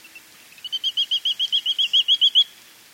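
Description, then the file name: Grey-tailed tattler giving a fast trill of many clear, evenly spaced whistled notes after a few soft lead-in notes. "kiashishigi"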